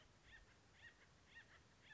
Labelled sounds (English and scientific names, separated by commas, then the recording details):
Acorn Woodpecker (Melanerpes formicivorus)
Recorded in Sonoma County, California